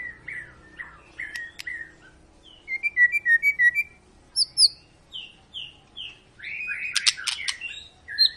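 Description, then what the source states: White-rumped shama song: varied whistled phrases, a rapid series of notes midway, then harsh buzzy notes and sharp clicks near the end. Long, vigorous lure song (pancingan) of a singing white-rumped shama, used to make other birds sing.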